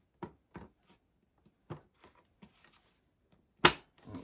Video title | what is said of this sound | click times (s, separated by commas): Pastel Blue Sebo E3 Premium Cylinder Vacuum - Unboxing & Thoughts | that's it nice click | 3.7 s